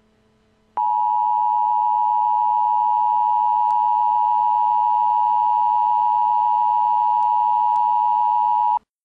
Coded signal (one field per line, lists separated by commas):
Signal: Emergency Alert System (SAME) tones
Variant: 853 and 960 Hz attention tone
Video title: Flash Flood Warning: Columbus, OH (4/4/11)